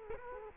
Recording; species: mosquito wingbeat signal from an infrared sensor; Culex quinquefasciatus